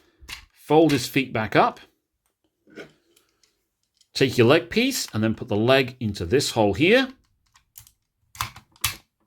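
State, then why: Seated. Someone talks while handling a Transformers Energon Optimus Prime figure, folding the feet back up and pushing a plastic leg piece into a hole on the body. A few faint taps and handling sounds follow, and the leg piece clicks into the hip socket at 8.9 seconds and is seated.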